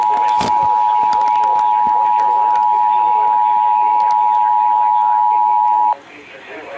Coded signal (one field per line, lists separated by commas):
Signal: Emergency Alert System (SAME) tones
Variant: 853 and 960 Hz attention tone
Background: speech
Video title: HAPPY 20TH BIRTHDAY... EAS Alerts from 10/7/21 (EAS #6,351 - 6,368)